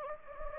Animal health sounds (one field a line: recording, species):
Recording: mosquito wingbeat signal from an infrared sensor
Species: Anopheles gambiae